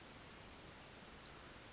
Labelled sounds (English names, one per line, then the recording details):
Western Flycatcher
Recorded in Sonoma County, California